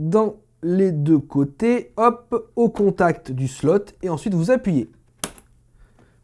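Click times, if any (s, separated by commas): 5.2 s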